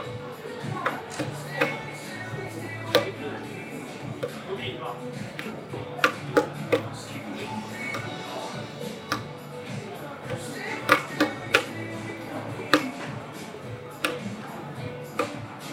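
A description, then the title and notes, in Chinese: A busy store at eight in the evening, with a steady murmur of many voices, punctuated by frequent sharp taps and clicks. 晚上八点的Apple店｜城市声音。北京三里屯。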